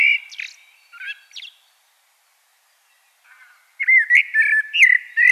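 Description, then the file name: Common blackbird song with two phrases: rich low whistles with a high twittering end, a gap, then a longer fluty warble. "Turdus merula"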